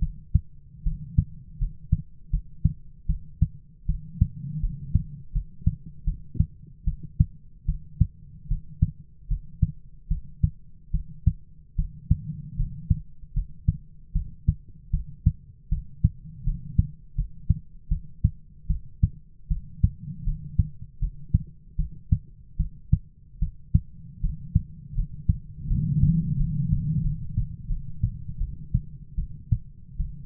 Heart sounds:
heart sounds by stethoscope; 78 bpm
0.00 s: heartbeat
0.84 s: heartbeat
1.59 s: heartbeat
2.31 s: heartbeat
3.07 s: heartbeat
3.87 s: heartbeat
4.61 s: heartbeat
5.33 s: heartbeat
6.05 s: heartbeat
6.85 s: heartbeat
7.66 s: heartbeat
8.49 s: heartbeat
9.28 s: heartbeat
10.09 s: heartbeat
10.92 s: heartbeat
11.76 s: heartbeat
12.57 s: heartbeat
13.34 s: heartbeat
14.13 s: heartbeat
14.91 s: heartbeat
15.70 s: heartbeat
16.45 s: heartbeat
17.16 s: heartbeat
17.89 s: heartbeat
18.68 s: heartbeat
19.49 s: heartbeat
20.25 s: heartbeat
21.00 s: heartbeat
21.77 s: heartbeat
22.57 s: heartbeat
23.40 s: heartbeat
24.21 s: heartbeat
24.95 s: heartbeat
25.68 s: heartbeat
26.37 s: heartbeat
27.02 s: heartbeat
27.67 s: heartbeat
28.38 s: heartbeat
29.16 s: heartbeat
29.98 s: heartbeat
From the record:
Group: healthy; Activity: rest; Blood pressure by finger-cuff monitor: 133/82 mmHg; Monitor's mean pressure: 100 mmHg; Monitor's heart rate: 77 bpm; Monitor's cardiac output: 7 L/min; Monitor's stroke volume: 90 mL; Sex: female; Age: 22 years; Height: 161 cm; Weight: 65.5 kg

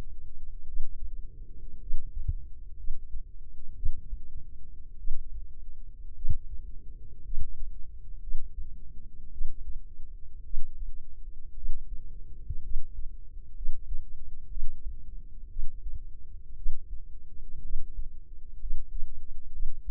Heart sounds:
heart sounds by microphone in the left ear; 57 bpm
0.64 s: heartbeat
1.78 s: heartbeat
2.74 s: heartbeat
3.73 s: heartbeat
4.95 s: heartbeat
6.12 s: heartbeat
7.21 s: heartbeat
8.18 s: heartbeat
9.29 s: heartbeat
10.42 s: heartbeat
11.53 s: heartbeat
12.60 s: heartbeat
13.52 s: heartbeat
14.47 s: heartbeat
15.47 s: heartbeat
16.54 s: heartbeat
17.60 s: heartbeat
18.58 s: heartbeat
19.50 s: heartbeat
From the record:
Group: healthy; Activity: rest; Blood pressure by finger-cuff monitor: 121/76 mmHg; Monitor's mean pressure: 89 mmHg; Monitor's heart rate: 56 bpm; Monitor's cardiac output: 4.9 L/min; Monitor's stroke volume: 87 mL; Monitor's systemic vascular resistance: 1370 dyn s/cm5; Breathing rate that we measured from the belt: 11 breaths a minute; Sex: female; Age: 23 years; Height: 160 cm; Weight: 50.4 kg

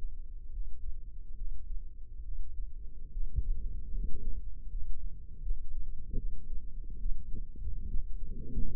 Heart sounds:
heart sounds by microphone in the left ear; 73 bpm
0.51 s: heartbeat
1.35 s: heartbeat
2.22 s: heartbeat
3.10 s: heartbeat
3.92 s: heartbeat
4.68 s: heartbeat
5.41 s: heartbeat
6.16 s: heartbeat
6.99 s: heartbeat
7.86 s: heartbeat
8.73 s: heartbeat
From the record:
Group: healthy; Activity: rest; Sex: male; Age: 35 years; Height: 178 cm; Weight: 64 kg

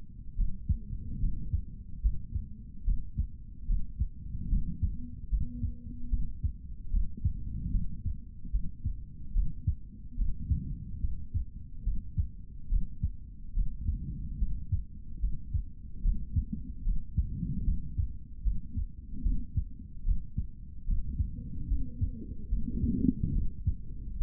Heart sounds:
heart sounds by stethoscope; 73 bpm
0.36 s: heartbeat
1.20 s: heartbeat
2.02 s: heartbeat
2.84 s: heartbeat
3.67 s: heartbeat
4.49 s: heartbeat
5.30 s: heartbeat
6.10 s: heartbeat
6.91 s: heartbeat
7.71 s: heartbeat
8.51 s: heartbeat
9.33 s: heartbeat
10.16 s: heartbeat
11.00 s: heartbeat
11.84 s: heartbeat
12.69 s: heartbeat
13.54 s: heartbeat
14.38 s: heartbeat
15.20 s: heartbeat
16.02 s: heartbeat
16.84 s: heartbeat
17.64 s: heartbeat
18.43 s: heartbeat
19.22 s: heartbeat
20.03 s: heartbeat
20.85 s: heartbeat
21.68 s: heartbeat
22.49 s: heartbeat
23.33 s: heartbeat
24.18 s: heartbeat
From the record:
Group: healthy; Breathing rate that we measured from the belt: 18 breaths a minute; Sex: male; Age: 55 years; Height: 167 cm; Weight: 57.2 kg

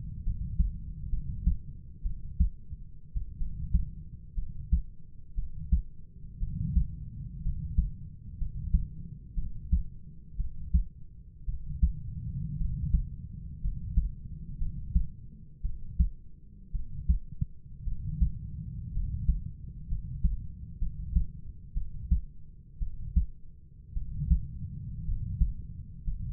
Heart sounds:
heart sounds by stethoscope; 58 bpm
0.23 s: heartbeat
1.10 s: heartbeat
2.03 s: heartbeat
3.14 s: heartbeat
4.35 s: heartbeat
5.35 s: heartbeat
6.39 s: heartbeat
7.42 s: heartbeat
8.38 s: heartbeat
9.35 s: heartbeat
10.37 s: heartbeat
11.46 s: heartbeat
12.58 s: heartbeat
13.61 s: heartbeat
14.58 s: heartbeat
15.62 s: heartbeat
16.72 s: heartbeat
17.84 s: heartbeat
18.93 s: heartbeat
19.88 s: heartbeat
20.79 s: heartbeat
21.74 s: heartbeat
22.79 s: heartbeat
23.94 s: heartbeat
25.05 s: heartbeat
26.04 s: heartbeat
From the record:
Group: healthy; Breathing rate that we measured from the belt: 10 breaths a minute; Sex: male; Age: 25 years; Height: 170 cm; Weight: 70.4 kg

